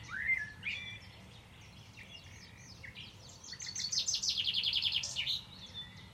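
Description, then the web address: Bird song opening with slurred whistles, then a fast, even trill of high repeated notes lasting over a second. A steady background hiss is present. "Deverinetal. Bird Only"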